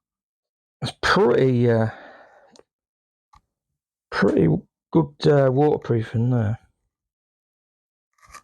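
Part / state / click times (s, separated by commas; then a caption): waterproof cover on a night vision rifle scope / seated / 8.4 s. A waterproof cover on an Arken Zulus night vision rifle scope is closed and pressed home while someone talks. A short snap is heard at 8.4 seconds as the cover locks in place.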